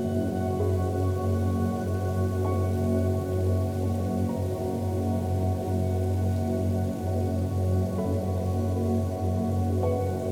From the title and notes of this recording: Drift Away to Soft Rain and Deep Tones.